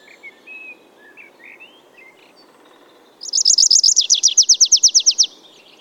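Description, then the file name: Tree pipit song: after faint twitters, a loud run of many quick buzzy trilled notes, evenly repeated, lasting about two seconds. "Ruud van Beusekom - Lesnoj konyok Anthus trivialis"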